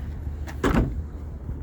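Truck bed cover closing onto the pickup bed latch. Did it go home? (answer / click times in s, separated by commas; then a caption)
no / none. A tonneau bed cover on a pickup truck is pulled down toward the bed latch. A short sliding, rushing sound peaks around 0.6–0.8 s over a low background rumble. Nothing has latched or clicked yet.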